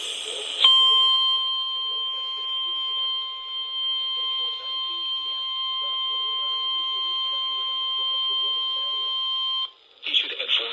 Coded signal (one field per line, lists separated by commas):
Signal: Emergency Alert System (SAME) tones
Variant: 1050 Hz attention tone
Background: speech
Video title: OPHELIA TURNS GREEN LIKE A FLOOD (9/23/23) (EAS #850 - 855)